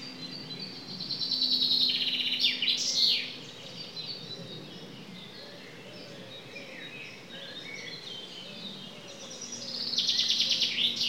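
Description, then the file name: Common chaffinch song: two bursts of rapid bright trilled notes, one early ending in a flourish and another near the end, with a steady low hum during each burst. "Fringilla coelebs"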